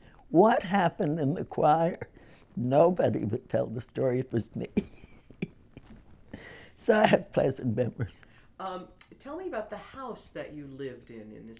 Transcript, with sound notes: What happened in the choir?" Nobody would tell the story it was me. (she laughs) So I have pleasant memories.
Tell me about the house that you lived in, in this town.